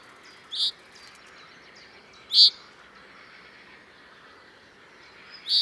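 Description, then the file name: Common chaffinch calling with brief, bright high-pitched notes, three in all, the second about two seconds after the first and the third about three seconds later, the first softer, with a low hiss behind. "Fringilla coelebs"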